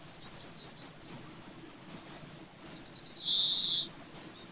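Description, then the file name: European greenfinch's quick twittering trills and scattered chips, followed by a drawn-out nasal buzzy wheeze near the end. "Chloris chloris"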